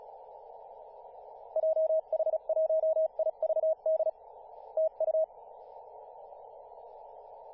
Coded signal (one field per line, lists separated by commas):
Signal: Morse code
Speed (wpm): 36 wpm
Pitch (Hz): 640 Hz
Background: radio noise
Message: JH1IVD TU